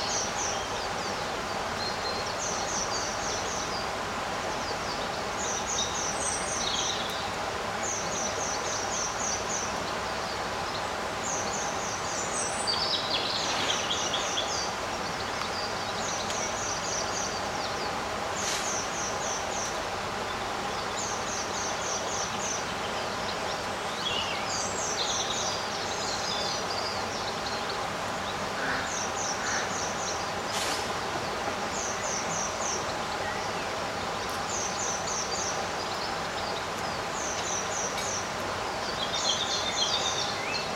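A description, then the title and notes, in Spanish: Birds sing throughout a summer garden, their short, bright trilled phrases repeating every second or two above a steady outdoor hum. A few sharper calls and chirps stand out around the middle and near the end, while the level stays even. Un día de verano en el jardín. En este paisaje sonoro encantador, experimenten la magia de un día de verano casi sin viento. Los pájaros entonan sus dulces melodías.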